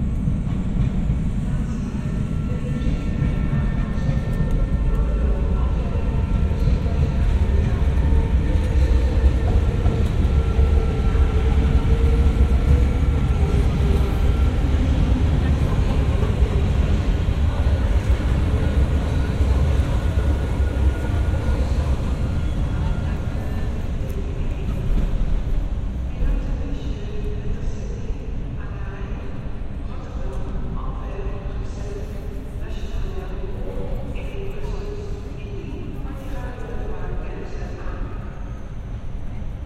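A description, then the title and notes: Inside a busy central train station, a heavy low rumble of rail traffic fills the space steadily for the whole stretch. Scattered voices and brief clanks rise over it, growing more frequent in the second half, while a faint high whine lingers throughout. Episode 54 of the podcast is a binaural recording of Amsterdam Central Station.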